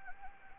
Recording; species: mosquito wingbeat signal from an infrared sensor; Anopheles gambiae